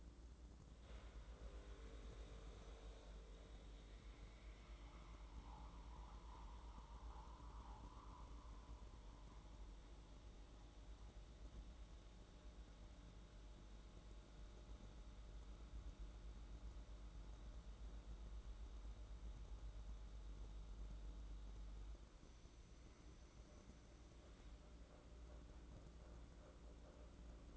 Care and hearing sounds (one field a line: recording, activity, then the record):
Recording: daily activity, microphone in the room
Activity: make coffee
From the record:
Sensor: 3